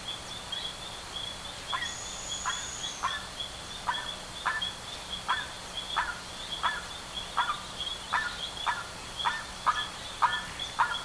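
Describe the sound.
Bird calls: a long series of many clipped, buzzy notes, roughly two a second, over a continuous high-pitched hum.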